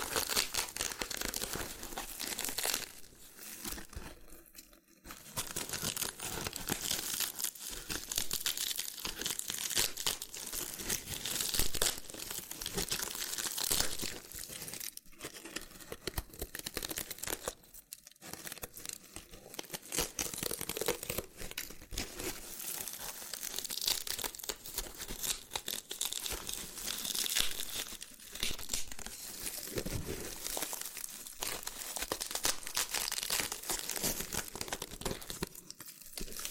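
Loofah being handled with intense peeling and popping, a dense, continuous crinkling and tearing texture that stays bright and busy throughout. Brief near-silent gaps break it around 5, 15, 18 and 30 seconds before the scratchy rustle resumes.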